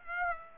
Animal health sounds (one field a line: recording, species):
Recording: mosquito wingbeat signal from an infrared sensor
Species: Aedes aegypti